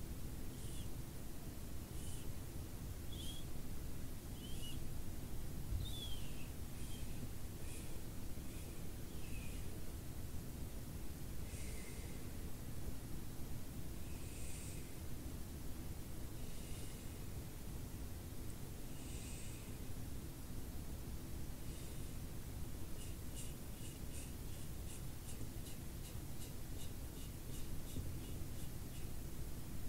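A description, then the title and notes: Soft brush strokes sweep across a steady, low rushing hiss that runs the whole time. Short bright swishes arrive every second or two at first, then turn into a quick, regular run of light flicks from about twenty-three seconds to the end. ASMR BRUSHING YOUR FACE, BRUSHING YOU TO SLEEP, BRUSHING CAMERA.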